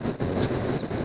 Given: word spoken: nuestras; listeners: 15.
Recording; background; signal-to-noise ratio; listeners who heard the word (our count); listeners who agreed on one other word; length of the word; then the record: one Spanish word in noise, from a listening test; noise modulated by three-talker babble; -7.7 dB; 0 of 15; 6 of 15; 0.65 s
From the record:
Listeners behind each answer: 6, 2, 1, 1, 1, 1, 1, 1, 1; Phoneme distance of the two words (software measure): 17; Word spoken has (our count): 2 syllables, 8 phonemes, stress on syllable 1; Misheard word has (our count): 2 syllables, 7 phonemes, stress on syllable 1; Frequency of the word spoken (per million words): 112.22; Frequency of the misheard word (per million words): 5.29